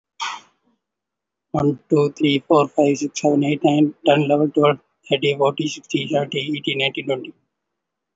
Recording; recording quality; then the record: counting at a fast pace; excellent, no background noise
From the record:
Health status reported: respiratory illness, not identified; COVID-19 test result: negative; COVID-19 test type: RT-PCR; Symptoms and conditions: breathing difficulty, asthma, pneumonia, another respiratory illness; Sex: male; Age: 30 years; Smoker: no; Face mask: worn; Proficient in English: no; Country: India